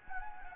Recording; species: mosquito wingbeat signal from an infrared sensor; Anopheles gambiae